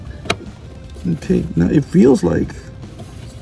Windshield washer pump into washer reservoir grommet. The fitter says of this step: in there well. It's snapped back in place. It's all good to go.